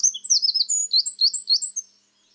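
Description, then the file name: Eurasian wren song fragment: a rapid tumble of very high, sharp notes, many bursts in under two seconds, ending abruptly; otherwise quiet. "Troglodytes troglodytes"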